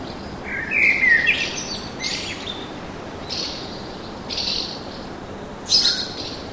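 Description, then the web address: Birds singing: a bright warbled phrase near the start, then a few short high chirps scattered across the following seconds over a steady background hiss. Birds singing in a park, urban atmosphere. "sonido de la atmosfera urbana con pajaros cantando en el parque"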